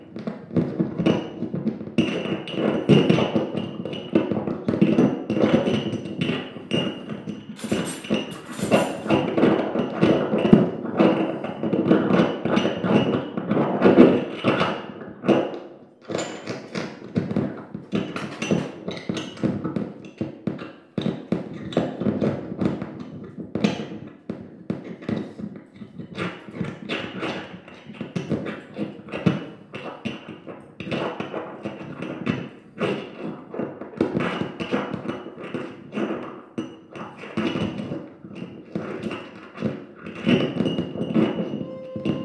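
Improvised percussion on a table top full of junk: a dense, busy stream of taps, knocks and thuds, fairly irregular, with a clip-clop feel at times. A thin steady ringing tone runs through most of it, and the activity briefly drops around 16 and 21 seconds.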